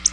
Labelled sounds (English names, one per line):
Black-throated Blue Warbler flight call